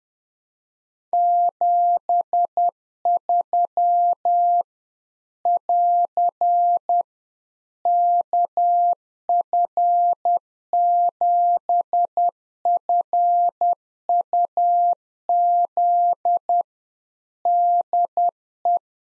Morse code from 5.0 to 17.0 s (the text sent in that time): <AR> KF7FUZ